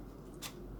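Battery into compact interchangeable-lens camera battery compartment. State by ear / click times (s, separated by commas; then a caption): not seated / none. A battery, lined up with its arrow in the right direction, is handled at the battery compartment of a Nikon 1 J5 compact interchangeable-lens camera. A steady low hum is broken by a short, bright scraping rustle around 0.4–0.5 s. Nothing has seated or clicked yet.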